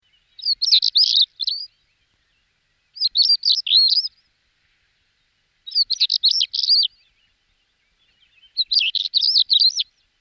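Stonechat singing short scratchy, twittering phrases of rapid high notes, each about a second long, repeated four times with silence between.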